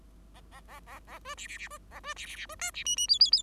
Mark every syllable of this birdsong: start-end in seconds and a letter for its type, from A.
0.34-0.41 A, 0.51-0.61 A, 0.68-0.80 A, 0.86-1.00 A, 1.07-1.19 A, 1.25-1.35 B, 1.37-1.47 C, 1.47-1.58 C, 1.58-1.68 C, 1.70-1.78 B, 1.91-2.00 A, 2.03-2.14 B, 2.16-2.26 C, 2.26-2.36 C, 2.36-2.46 C, 2.49-2.55 B, 2.59-2.71 D, 2.74-2.84 C, 2.85-2.96 E, 2.96-3.07 E, 3.08-3.19 F, 3.20-3.31 F, 3.32-3.42 F